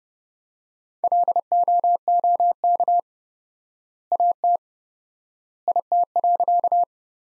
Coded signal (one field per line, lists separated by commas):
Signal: Morse code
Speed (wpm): 30 wpm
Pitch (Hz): 700 Hz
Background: none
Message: LOOK AT IT.